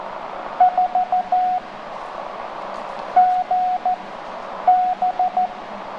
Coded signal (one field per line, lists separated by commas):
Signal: Morse code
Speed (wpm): 14 wpm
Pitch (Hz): 730 Hz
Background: radio noise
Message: 4GB